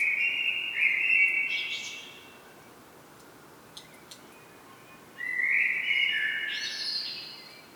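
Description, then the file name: Common blackbird song phrases, mellow and fluty, each closing with a high twittering flourish, with a quiet gap of about three seconds between them. "Turdus merula"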